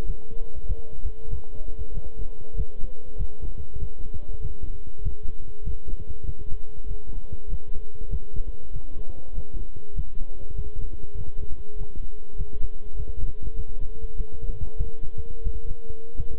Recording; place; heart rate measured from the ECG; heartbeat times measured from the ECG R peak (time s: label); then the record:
heart sounds by stethoscope; between the tricuspid and mitral areas; 97 bpm
0.04 s: heartbeat
0.65 s: heartbeat
1.28 s: heartbeat
1.92 s: heartbeat
2.54 s: heartbeat
3.16 s: heartbeat
3.78 s: heartbeat
4.39 s: heartbeat
5.01 s: heartbeat
5.62 s: heartbeat
6.24 s: heartbeat
6.86 s: heartbeat
7.48 s: heartbeat
8.08 s: heartbeat
8.71 s: heartbeat
9.33 s: heartbeat
9.93 s: heartbeat
10.54 s: heartbeat
11.15 s: heartbeat
11.76 s: heartbeat
12.35 s: heartbeat
12.95 s: heartbeat
13.54 s: heartbeat
14.15 s: heartbeat
14.76 s: heartbeat
15.42 s: heartbeat
16.15 s: heartbeat
From the record:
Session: walking at 3.7 km/h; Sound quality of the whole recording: good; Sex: male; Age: 26 years